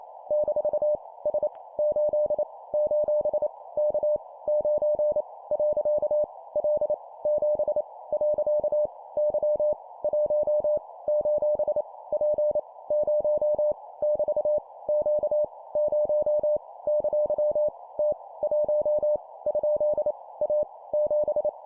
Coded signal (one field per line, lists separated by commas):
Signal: Morse code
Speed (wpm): 28 wpm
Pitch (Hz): 600 Hz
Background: none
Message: - S 8 : K 9 . L 7 . Y 1 : P 0 <BT> Q 0 ! T 1 ? A 7